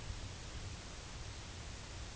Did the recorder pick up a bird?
no